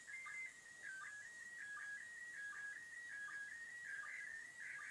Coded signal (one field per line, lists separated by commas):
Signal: SSTV (slow-scan television)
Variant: PD 180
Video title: ληψη SSTV απο τον δορυφορο ISS